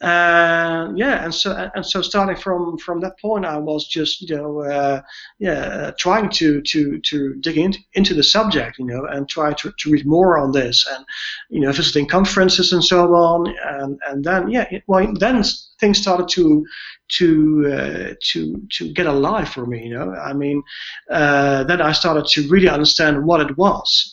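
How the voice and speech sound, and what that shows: Rapid adult male speech with frequent fillers, word repetitions and restarts, typical of cluttering's many ordinary-type disfluencies. Diagnosed with cluttering around age 30 after living as someone who stutters for about 25 years; cluttering is a disorder of language planning, with difficulty formulating what to say rather than getting the words out.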